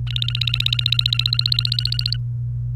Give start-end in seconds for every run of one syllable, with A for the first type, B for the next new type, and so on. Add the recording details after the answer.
0.07-2.16 A. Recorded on 28 April 2018 at 11:41. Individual llb3